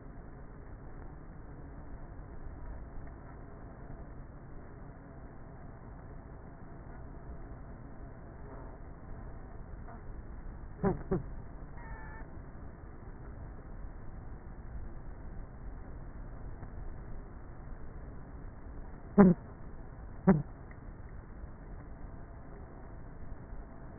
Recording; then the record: honeybee colony, microphone inside the hive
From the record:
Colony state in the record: queenless with a low population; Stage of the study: before two queens were removed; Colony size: about 30,000 bees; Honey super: no